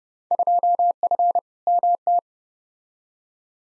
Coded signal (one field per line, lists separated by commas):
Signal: Morse code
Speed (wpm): 30 wpm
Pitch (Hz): 700 Hz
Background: none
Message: 2F MT